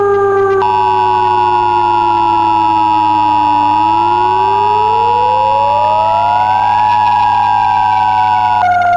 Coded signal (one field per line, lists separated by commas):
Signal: Emergency Alert System (SAME) tones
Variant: 853 and 960 Hz attention tone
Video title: [EAS Scenario] - Nashville's Plummeting